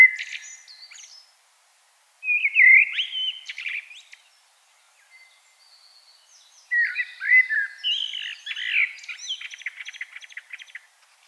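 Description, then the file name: Common blackbird song: the end of a phrase, then two warbled fluty phrases around mid pitch, each ending in thin, scratchy high twitters, with quiet pauses between. "Turdus merula"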